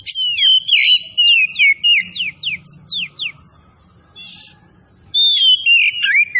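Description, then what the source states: Oriental magpie-robin singing a fast series of downward-sliding whistles, a brief break, then rich warbled phrases; a faint steady high tone persists. Kacer Tretes type, singing vigorously (gacor).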